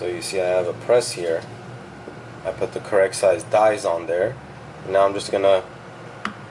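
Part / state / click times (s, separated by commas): snap-on case back into watch case / seated / 6.2 s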